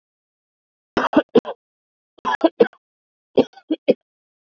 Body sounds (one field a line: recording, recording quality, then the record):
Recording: heavy voluntary cough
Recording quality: excellent, no background noise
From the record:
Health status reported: COVID-19 positive, mild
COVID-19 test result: positive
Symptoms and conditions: cough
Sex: male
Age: 30 years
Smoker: not ticked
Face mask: not worn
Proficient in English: yes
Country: India